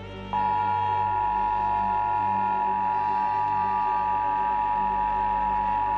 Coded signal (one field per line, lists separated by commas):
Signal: Emergency Alert System (SAME) tones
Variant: 853 and 960 Hz attention tone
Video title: [OLD] EAS - 22/03/1977